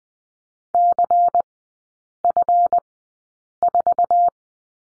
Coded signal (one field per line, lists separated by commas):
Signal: Morse code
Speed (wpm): 19 wpm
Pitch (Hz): 700 Hz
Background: none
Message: CF4